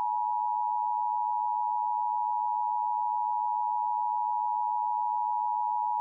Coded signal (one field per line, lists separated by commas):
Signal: Emergency Alert System (SAME) tones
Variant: 853 and 960 Hz attention tone